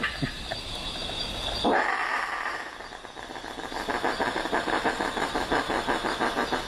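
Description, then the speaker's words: Possums giving harsh, rasping calls that break into rapid throbbing pulses. Possums calling, played on radio as an example of strange animal sounds heard in nature. "Listen to this, Kyle. Listen to the possums."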